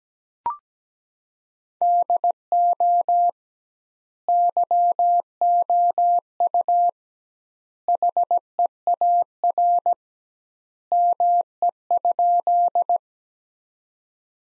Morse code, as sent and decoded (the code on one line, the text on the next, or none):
-.. --- / -.-- --- ..- / .... . .- .-. / -- . ..--..
DO YOU HEAR ME?